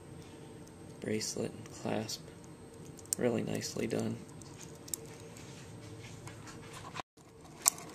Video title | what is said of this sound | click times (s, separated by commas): Rolex Submariner Review | And it shuts nice and crisp. | 7.7 s